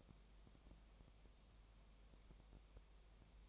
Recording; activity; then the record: daily activity, microphone in the room; no activity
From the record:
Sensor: 1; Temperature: 19.7 degrees Celsius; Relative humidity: 37.0%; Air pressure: 1007.2 hPa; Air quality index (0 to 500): 143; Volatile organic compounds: 5 ppm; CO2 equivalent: 1748 ppm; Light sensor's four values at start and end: 1/2/1/1 and 1/2/1/1